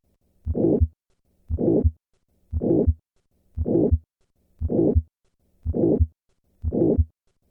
The murmur of aortic stenosis does not change in response to hand grip.